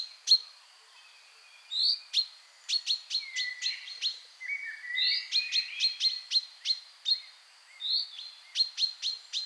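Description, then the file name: Common chaffinch: sharp metallic call notes in short series with pauses, alongside rising whistles and lower warbling. "Fringilla coelebs"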